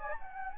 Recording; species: mosquito wingbeat signal from an infrared sensor; Anopheles gambiae